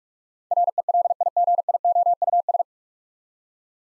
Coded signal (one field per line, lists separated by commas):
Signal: Morse code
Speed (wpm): 44 wpm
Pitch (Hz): 700 Hz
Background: none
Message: RELIGIOUS